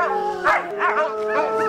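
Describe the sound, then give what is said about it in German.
Several dogs bark and yelp in short, high bursts over a steady whining, howl-like tone, with no voices. “Unsere Hunde sind sehr nervös.”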